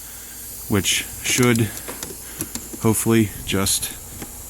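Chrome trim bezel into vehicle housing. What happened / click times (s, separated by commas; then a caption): Trim piece handled, not yet seated / none. A chrome trim bezel is handled at the passenger-side vehicle housing while someone talks, with a few short, sharp taps in between. Nothing has seated or clicked into place yet.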